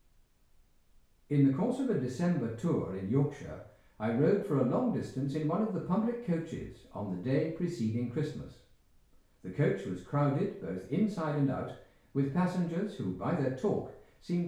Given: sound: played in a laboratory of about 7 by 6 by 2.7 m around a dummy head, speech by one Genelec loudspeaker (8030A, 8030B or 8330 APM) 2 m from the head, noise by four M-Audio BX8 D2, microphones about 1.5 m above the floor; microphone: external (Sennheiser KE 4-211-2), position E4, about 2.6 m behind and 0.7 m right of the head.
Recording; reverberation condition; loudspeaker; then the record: male speech in English; medium; behind (180 degrees)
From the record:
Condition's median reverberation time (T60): about 510 ms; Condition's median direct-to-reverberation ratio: about -0.5 dB